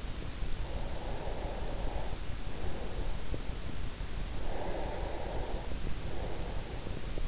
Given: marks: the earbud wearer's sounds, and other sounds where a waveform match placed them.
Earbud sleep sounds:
sounds in sleep by an in-ear microphone; breath
0.48-3.44 s: breath
4.47-7.28 s: breath

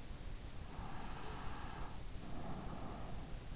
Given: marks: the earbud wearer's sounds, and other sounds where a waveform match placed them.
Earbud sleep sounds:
sounds in sleep by an in-ear microphone; breath
0.78-3.47 s: breath

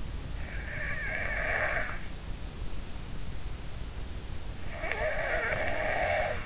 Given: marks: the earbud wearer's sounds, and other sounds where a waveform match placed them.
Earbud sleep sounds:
sounds in sleep by an in-ear microphone; snoring breath
0.47-2.08 s: snoring breath
4.71-6.45 s: snoring breath

